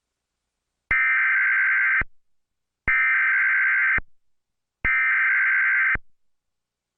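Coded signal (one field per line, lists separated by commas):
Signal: Emergency Alert System (SAME) tones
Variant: header bursts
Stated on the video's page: Reconstruction of a 2014 tornado emergency alert, not live.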